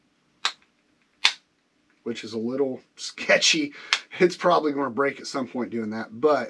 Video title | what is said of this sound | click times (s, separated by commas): Ozark trail 4 in 1 stove with stand review | then rotate the third leg out until it snaps into place which | 0.5 s, 1.2 s